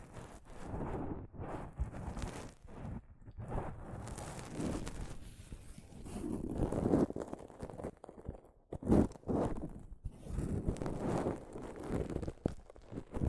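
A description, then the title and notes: Soft fabric brushes against a microphone in uneven, rustling strokes, mostly low and muffled with occasional brighter scratchy edges. The rubbing comes in bursts separated by brief pauses, with sharper thumps near seven and nine seconds. ASMR Mic Brushing using Soft Fabric (No Talking).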